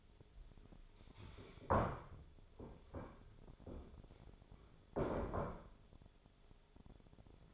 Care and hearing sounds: daily activity, microphone in the room; stand up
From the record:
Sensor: 5

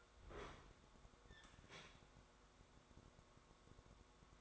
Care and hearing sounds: daily activity, microphone in the room; open fridge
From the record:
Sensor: 3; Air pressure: 1004.6 hPa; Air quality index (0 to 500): 192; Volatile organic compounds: 13 ppm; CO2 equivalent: 2404 ppm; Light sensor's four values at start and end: 5/13/5/5 and 5/13/5/5

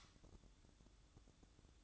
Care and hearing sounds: daily activity, microphone in the room; light off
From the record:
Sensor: 3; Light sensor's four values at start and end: 16/43/19/17 and 10/23/9/9

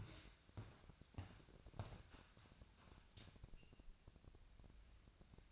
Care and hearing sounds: daily activity, microphone in the room; walk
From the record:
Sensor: 2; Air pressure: 1012.0 hPa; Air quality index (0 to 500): 171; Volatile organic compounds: 2 ppm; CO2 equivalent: 1248 ppm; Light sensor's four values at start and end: 43/115/48/54 and 66/148/70/86

